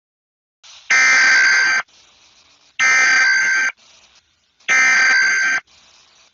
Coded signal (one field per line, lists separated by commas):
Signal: Emergency Alert System (SAME) tones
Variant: header bursts